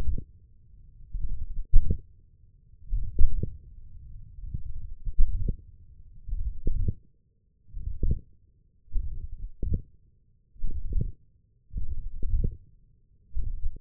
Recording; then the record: forearm muscle sounds (acoustic myography)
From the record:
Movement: wrist extension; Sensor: system 1, eight BSWA MPA416 microphones around the upper forearm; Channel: 1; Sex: male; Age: 20 years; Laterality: left